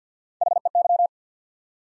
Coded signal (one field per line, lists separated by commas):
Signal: Morse code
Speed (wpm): 50 wpm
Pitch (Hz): 700 Hz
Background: none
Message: H E Y